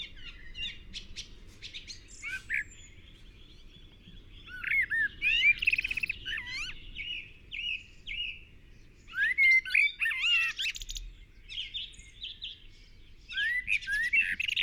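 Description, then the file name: Eurasian blackbird song, short whistled warbling phrases mixed with high squeaky twitters, separated by pauses of a few seconds, over a faint low hum. "Turdus merula"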